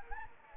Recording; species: mosquito wingbeat signal from an infrared sensor; Anopheles gambiae